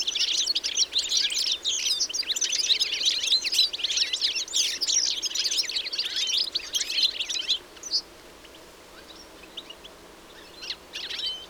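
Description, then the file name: European goldfinch twittering, thick overlapping high chirps for about seven seconds, then near silence broken by a few isolated notes toward the end. "Carduelis carduelis"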